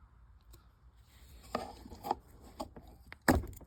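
Pushing up on the release tab of the 4-pin plastic wiring harness connector on the engine coolant temperature sensor of a 2009 VW Beetle 2.5L makes soft handling taps around 1.6, 2.1 and 2.6 seconds. The latch clicks sharply at 3.3 seconds, and the connector releases and pulls apart from the sensor easily.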